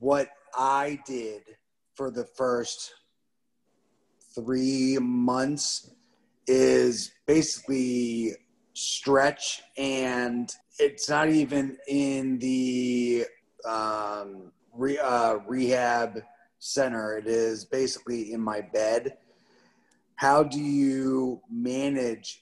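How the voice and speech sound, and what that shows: Halting man's speech with long pauses, stretched words, a filler and a restart, fitting aphasia.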